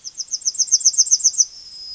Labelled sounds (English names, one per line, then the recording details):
Yellowhammer song
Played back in forest
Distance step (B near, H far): B
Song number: 013